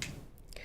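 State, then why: Seated. The closing trigger of an Ethicon ECHELON PLUS surgical stapler is squeezed until it gives a sharp click at 0.0 s, locking the trigger and the jaws closed. Two fainter, brief ticks follow at about 0.4 s and 0.6 s. No one talks.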